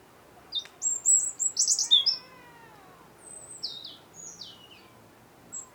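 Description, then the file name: European robin song of high, tinkling notes and thin whistles in quick phrases, then softer descending notes. "Erithacus rubecula"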